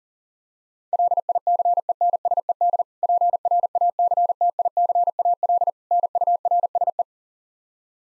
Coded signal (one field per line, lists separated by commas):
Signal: Morse code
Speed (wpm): 40 wpm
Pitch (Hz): 700 Hz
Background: none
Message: LICENSED PRACTICAL NURSE